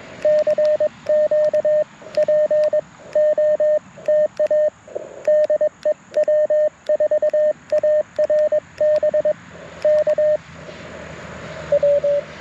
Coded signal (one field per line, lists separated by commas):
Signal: Morse code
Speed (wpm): 21 wpm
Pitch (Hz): 610 Hz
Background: radio noise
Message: CQ POTA DE W4ARB K W